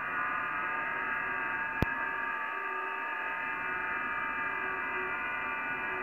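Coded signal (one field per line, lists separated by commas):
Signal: FT8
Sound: many faint steady warbling tones layered together over hiss, one sharp click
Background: radio static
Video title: VP2VB, British Virgin Islands, Caribbean Sea, 14MHz, FT8, Worked by HL2WA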